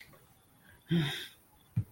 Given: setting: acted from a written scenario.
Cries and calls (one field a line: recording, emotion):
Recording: vocal sound without words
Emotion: anger